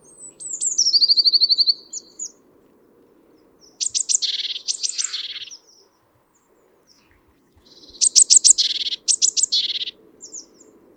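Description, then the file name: Great tit calls: a thin descending whistle running into a sustained note, followed twice by quick bursts of sharp high ticks running into a harsh churr, with a low steady hum beneath. "Parus major"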